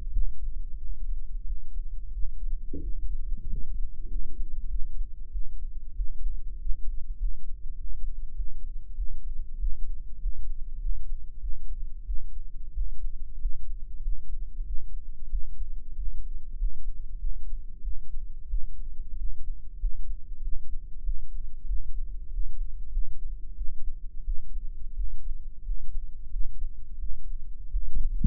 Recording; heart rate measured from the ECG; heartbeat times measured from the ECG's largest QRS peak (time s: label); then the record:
heart sounds by microphone in the right ear; 93 bpm
0.09 s: heartbeat
0.77 s: heartbeat
1.43 s: heartbeat
2.10 s: heartbeat
2.80 s: heartbeat
3.45 s: heartbeat
4.07 s: heartbeat
4.67 s: heartbeat
5.29 s: heartbeat
5.94 s: heartbeat
6.57 s: heartbeat
7.16 s: heartbeat
7.75 s: heartbeat
8.34 s: heartbeat
8.94 s: heartbeat
9.57 s: heartbeat
10.17 s: heartbeat
10.77 s: heartbeat
11.39 s: heartbeat
12.03 s: heartbeat
12.72 s: heartbeat
13.37 s: heartbeat
14.00 s: heartbeat
14.63 s: heartbeat
15.28 s: heartbeat
15.93 s: heartbeat
16.55 s: heartbeat
17.17 s: heartbeat
17.80 s: heartbeat
18.46 s: heartbeat
19.15 s: heartbeat
19.77 s: heartbeat
20.40 s: heartbeat
21.02 s: heartbeat
21.65 s: heartbeat
22.28 s: heartbeat
22.89 s: heartbeat
23.54 s: heartbeat
24.22 s: heartbeat
24.93 s: heartbeat
25.62 s: heartbeat
26.28 s: heartbeat
26.97 s: heartbeat
27.69 s: heartbeat
From the record:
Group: healthy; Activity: rest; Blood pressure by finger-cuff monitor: 107/86 mmHg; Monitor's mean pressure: 94 mmHg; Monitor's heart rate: 94 bpm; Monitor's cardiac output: 6.3 L/min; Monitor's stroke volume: 66 mL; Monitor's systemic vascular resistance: 1080 dyn s/cm5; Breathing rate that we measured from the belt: 19 breaths a minute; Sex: male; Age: 21 years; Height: 180 cm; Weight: 67.5 kg